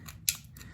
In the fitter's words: you're gonna push it and you're gonna hear that snap. Hear that snap? That's what you're looking for.